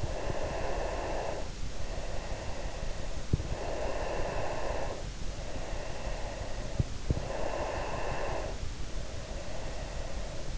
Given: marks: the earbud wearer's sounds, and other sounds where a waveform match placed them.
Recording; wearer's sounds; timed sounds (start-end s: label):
sounds in sleep by an in-ear microphone; breath
0.00-3.24 s: breath
3.83-6.75 s: breath
7.34-10.58 s: breath